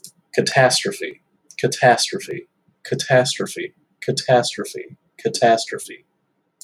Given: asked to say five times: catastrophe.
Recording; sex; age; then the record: repeated word; male; 20 to 29 years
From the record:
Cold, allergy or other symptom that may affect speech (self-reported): no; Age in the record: 21 years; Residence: Indiana, United States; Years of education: 14